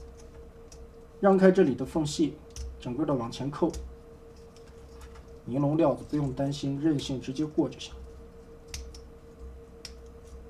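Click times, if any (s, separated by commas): 8.7 s, 9.9 s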